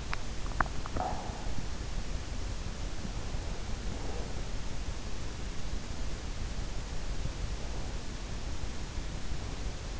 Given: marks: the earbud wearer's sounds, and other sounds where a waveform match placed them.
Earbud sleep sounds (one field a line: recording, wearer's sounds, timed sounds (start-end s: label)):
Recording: sounds in sleep by an in-ear microphone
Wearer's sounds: swallowing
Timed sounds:
0.00-1.57 s: swallowing